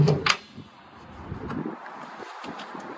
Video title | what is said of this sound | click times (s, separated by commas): Airstream Blue Ox Weight Distribution Hitch Re-install | Makes a good solid sound when it locks into place. | 0.3 s